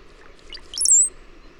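Bird song: a short burst of high chirps sliding into a drawn-out thin whistle that falls slightly, against quiet background hum.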